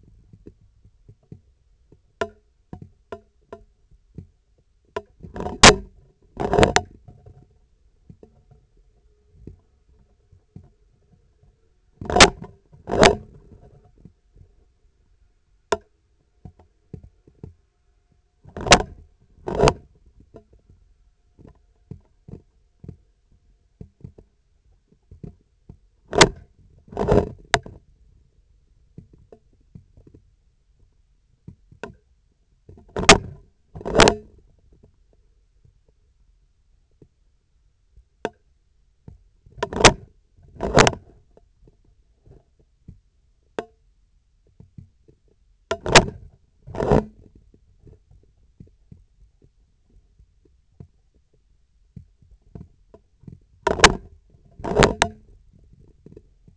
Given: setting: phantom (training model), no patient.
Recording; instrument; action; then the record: laparoscopic instrument, vibration sensor on the handle end; scissors; opening and closing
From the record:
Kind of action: tool actuation without material contact